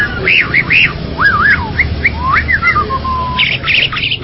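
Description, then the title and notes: Bali myna song: looping slurred whistles rising and falling, a drawn-out level whistle, then harsh squawky notes at the end. "Jalak Bali 2. Kicau Burung Jalak"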